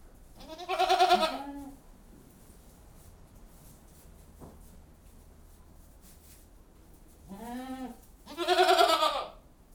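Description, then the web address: Goat bleating: one harsh bleat at the start, silence with a soft knock, then two bleats close together near the end. Goats recorded inside a goat house. "The BBC Sound Effects Library (Livestock # 1 ) Goat House"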